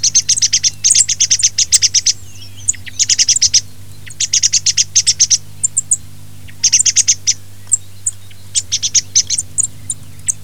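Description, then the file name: Thrush calls: rapid high clicking notes in short bursts, repeated with brief pauses, over a steady low hum. "TORDO"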